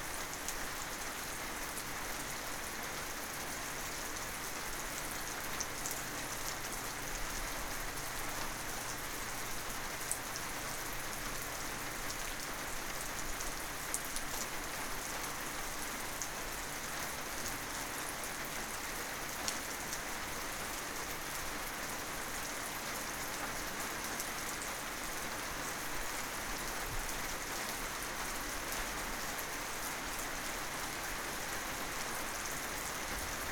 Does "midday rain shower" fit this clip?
yes